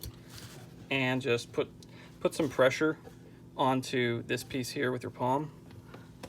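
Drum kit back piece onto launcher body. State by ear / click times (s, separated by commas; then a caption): not seated / none. Someone talks while handling the back piece of a Byrna drum kit, getting ready to press it onto the launcher body with the palm, and a few faint, brief ticks and handling sounds occur near the end. Nothing has clicked or seated yet.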